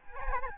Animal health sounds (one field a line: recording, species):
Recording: mosquito wingbeat signal from an infrared sensor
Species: Aedes albopictus